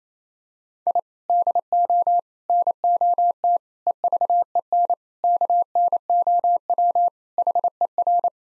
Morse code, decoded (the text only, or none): I DO NOT EVEN KNOW HER